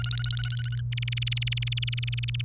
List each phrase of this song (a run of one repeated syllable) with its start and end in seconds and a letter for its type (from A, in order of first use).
0.00-0.81 A, 0.92-2.41 B